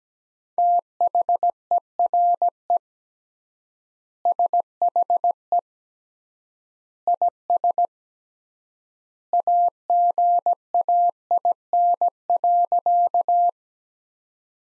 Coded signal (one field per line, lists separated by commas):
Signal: Morse code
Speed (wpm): 17 wpm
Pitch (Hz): 700 Hz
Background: none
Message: THERE SHE IS AGAIN.